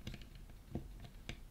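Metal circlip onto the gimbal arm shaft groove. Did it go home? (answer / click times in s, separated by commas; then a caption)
no / none. A metal circlip is handled and forced down onto the arm shaft of a DJI Osmo Mobile 6 gimbal, heard as light scraping and tapping with a brief sharp tick near 1.3 s. Nothing has seated or clicked into the groove yet.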